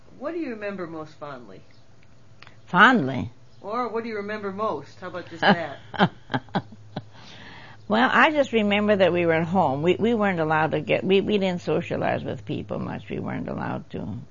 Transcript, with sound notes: what do you remember most fondly?
Fondly?
Or what do you remember most, how about just that?
(laughs) Well I just remember that we were at home, we--we weren't allowed to get- we--we didn't socialize with people much, we weren't allowed too.